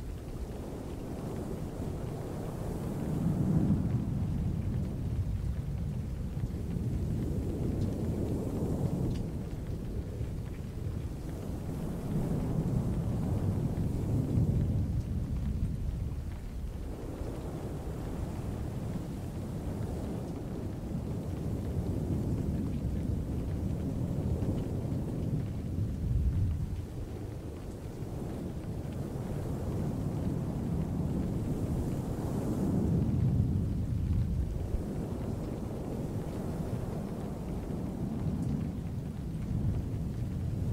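Stormy ocean surf rolls in deep, heavy surges, swelling and easing roughly every six to seven seconds across the whole clip. The roar is low and dense, with a thin, steady hiss of rain over it.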